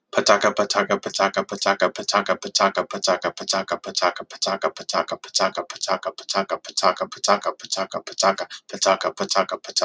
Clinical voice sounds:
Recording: repeated syllables /pa ta ka/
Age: 30 to 39 years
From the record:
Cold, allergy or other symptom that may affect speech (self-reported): no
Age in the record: 39 years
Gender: other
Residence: Oregon, United States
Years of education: 14

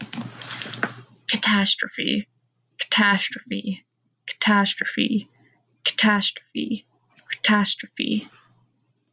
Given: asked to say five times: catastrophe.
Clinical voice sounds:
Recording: repeated word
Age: 20 to 29 years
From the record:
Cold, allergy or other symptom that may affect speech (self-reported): no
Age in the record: 23 years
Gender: other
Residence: Washington, United States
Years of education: 13

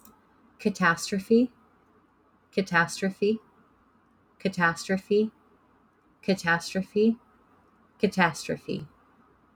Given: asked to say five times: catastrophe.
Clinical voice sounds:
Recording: repeated word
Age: 20 to 29 years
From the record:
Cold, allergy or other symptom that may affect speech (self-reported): no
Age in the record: 22 years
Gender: other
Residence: United States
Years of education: 16

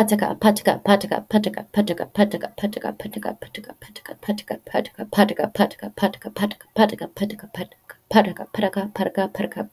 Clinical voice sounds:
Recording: repeated syllables /pa ta ka/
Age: 20 to 29 years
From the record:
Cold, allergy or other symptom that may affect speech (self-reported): no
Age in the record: 28 years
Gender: other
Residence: North Carolina, United States

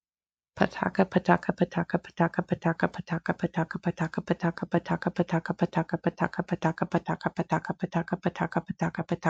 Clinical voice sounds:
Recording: repeated syllables /pa ta ka/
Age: 30 to 39 years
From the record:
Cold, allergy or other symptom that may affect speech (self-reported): no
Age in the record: 32 years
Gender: other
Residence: Kansas, United States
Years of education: 15

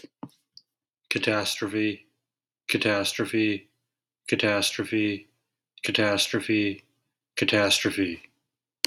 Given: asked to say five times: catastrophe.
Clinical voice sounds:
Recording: repeated word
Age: 30 to 39 years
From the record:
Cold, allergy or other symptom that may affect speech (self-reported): no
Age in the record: 35 years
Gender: other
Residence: California, United States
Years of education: 16

